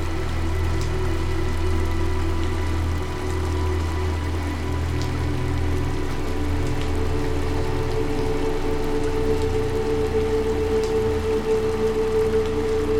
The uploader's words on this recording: Relaxing Music, Rain & Ethereal River Sounds. You can hear the steady patter of raindrops, harmonizing with the gentle murmur of the nearby river.